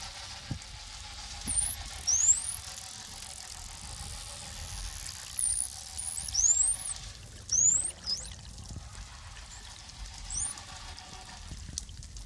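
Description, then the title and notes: Dolphin whistles: several sharp high sweeps scattered throughout, over a steady hiss with faint low thumps. Recorded in Mikurajima, Japan; whistles and clicks. "イルカの鳴き声 - Dolphin's Whistles & Clicks. Recorded in Mikurajima Japan"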